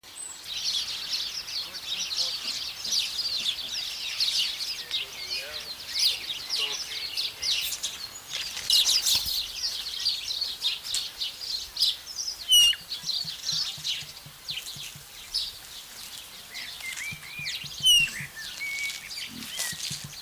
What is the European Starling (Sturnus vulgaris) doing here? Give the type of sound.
song